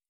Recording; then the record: hydrophone in a shrimp aquaculture tank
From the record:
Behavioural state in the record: stressed